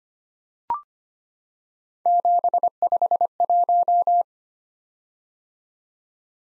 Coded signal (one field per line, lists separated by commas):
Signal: Morse code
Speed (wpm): 25 wpm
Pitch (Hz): 700 Hz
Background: none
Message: 751